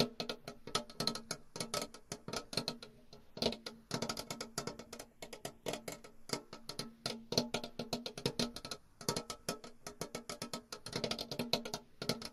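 Tapping and scratching go on throughout: a dense run of quick, sharp ticks and taps, irregular but rarely pausing, with brief clusters of faster strokes. Beneath them runs a steady low hum with a faint tone, and the level stays fairly even across the twelve seconds.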